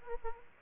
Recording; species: mosquito wingbeat signal from an infrared sensor; Aedes aegypti